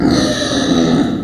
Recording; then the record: squeal of a Yucatan mini pig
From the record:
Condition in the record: before surgery on the right vocal fold (resection and tissue-engineered implant); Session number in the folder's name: 3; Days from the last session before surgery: 0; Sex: female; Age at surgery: 19 weeks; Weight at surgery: 25 kg